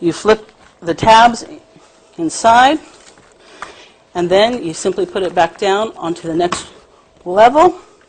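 A bassinet co-sleeper's side rail arm is being handled: the tabs inside are flipped and the side is lowered onto the next level while someone talks, with one brief sharp sound at about 3.6 seconds. The arm locks into its height position with two clicks from its two internal buttons, but nothing has seated or clicked yet by the end of the clip.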